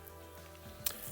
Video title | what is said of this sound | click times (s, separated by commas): Stop Your Fridge Lights From Flashing Now! | Goes in and then you push it up into position until it clicks. | 0.9 s